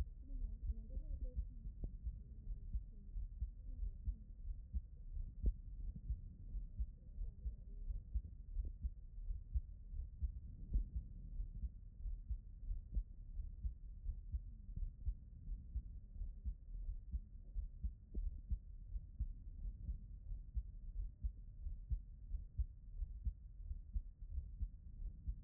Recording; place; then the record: heart sounds by stethoscope; aortic valve (AV)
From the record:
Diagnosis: non-HFrEF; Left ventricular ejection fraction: 42%